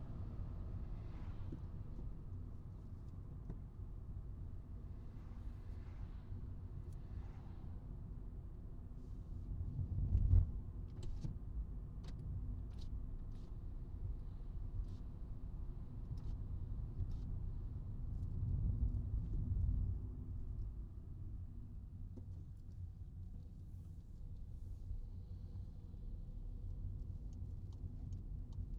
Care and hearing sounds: everyday scene through a hearing-aid microphone; in a vehicle; engine, traffic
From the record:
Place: Skoda Fabia, gasoline engine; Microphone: in the ear canal, right

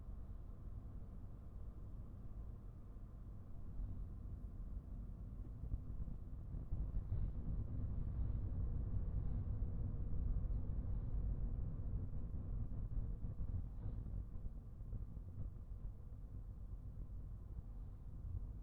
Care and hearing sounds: everyday scene through a hearing-aid microphone; in a vehicle; engine, traffic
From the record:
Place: Skoda Fabia, gasoline engine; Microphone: behind the ear, right, front

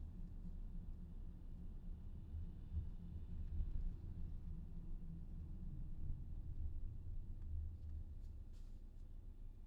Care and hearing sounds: everyday scene through a hearing-aid microphone; in a vehicle; engine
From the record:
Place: VW T5 Caravelle, diesel engine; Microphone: in the ear canal, left

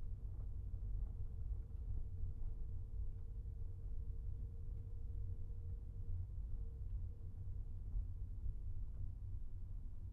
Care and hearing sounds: everyday scene through a hearing-aid microphone; in a vehicle; engine, rumble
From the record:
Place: Skoda Fabia, gasoline engine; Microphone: behind the ear, right, rear

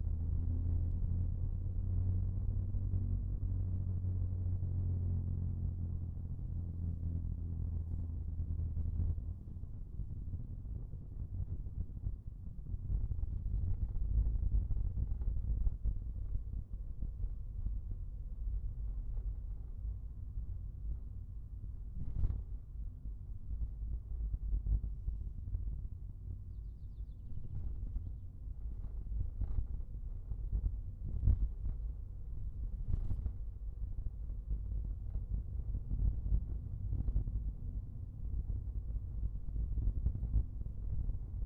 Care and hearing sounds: everyday scene through a hearing-aid microphone; in a vehicle; engine, rumble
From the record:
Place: Skoda Fabia, gasoline engine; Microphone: behind the ear, right, front

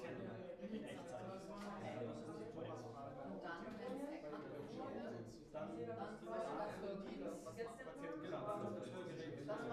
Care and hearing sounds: everyday scene through a hearing-aid microphone; many people talking; many voices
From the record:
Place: bistro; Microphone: behind the ear, right, front

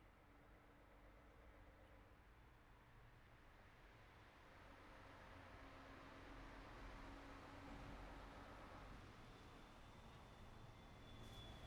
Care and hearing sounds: everyday scene through a hearing-aid microphone; in traffic; traffic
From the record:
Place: city secondary road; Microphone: behind the ear, right, rear

